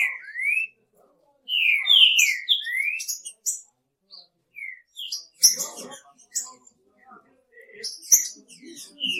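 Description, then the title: Green-winged Saltator singing fast whistled phrases that sweep up and down, mixed with thin high chips, with a few quieter gaps and scattered clicks. "Trinca Ferro"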